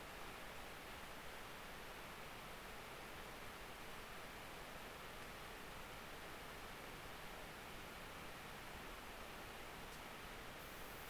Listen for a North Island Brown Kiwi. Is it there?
no